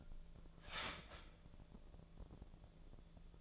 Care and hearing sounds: daily activity, microphone in the room; start toaster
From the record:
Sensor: 5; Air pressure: 1000.3 hPa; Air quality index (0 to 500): 128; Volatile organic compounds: 2 ppm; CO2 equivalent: 1013 ppm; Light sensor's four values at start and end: 86/202/86/94 and 86/202/86/94

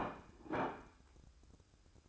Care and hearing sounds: daily activity, microphone in the room; place plate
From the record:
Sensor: 2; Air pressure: 1007.3 hPa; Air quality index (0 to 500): 41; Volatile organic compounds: 1 ppm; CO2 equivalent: 545 ppm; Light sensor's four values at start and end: 6/15/6/6 and 6/15/6/6

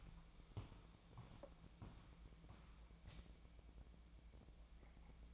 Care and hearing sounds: daily activity, microphone in the room; walk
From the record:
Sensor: 1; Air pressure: 1012.2 hPa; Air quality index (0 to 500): 178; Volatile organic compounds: 3 ppm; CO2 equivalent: 1464 ppm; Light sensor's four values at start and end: 46/127/51/63 and 48/130/53/66

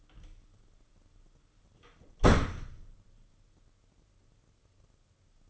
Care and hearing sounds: daily activity, microphone in the room; close door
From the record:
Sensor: 4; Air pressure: 995.2 hPa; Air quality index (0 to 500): 186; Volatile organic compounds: 101 ppm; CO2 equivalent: 3762 ppm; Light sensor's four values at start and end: 20/52/20/23 and 5/12/5/5

